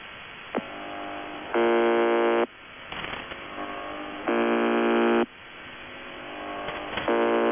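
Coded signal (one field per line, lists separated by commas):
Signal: channel marker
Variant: UVB-76, The Buzzer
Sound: harsh low buzz lasting about a second, repeating every three seconds, 3 buzzes heard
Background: radio static, steady hum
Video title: [UVB-76, The Buzzer] 1 Day, 5 Breakdowns; 10. June 2020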